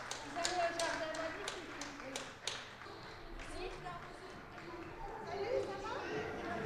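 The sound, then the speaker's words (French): Scattered clapping from a group of confined neighbours in the cathedral district rings out at 8 p.m., the claps thinning after a couple of seconds, while the cathedral bells toll steadily beneath and voices murmur in the background. “Ici, par exemple, dans le quartier de la cathédrale, les premiers applaudissements retentissent avec les cloches de la cathédrale à 20h.”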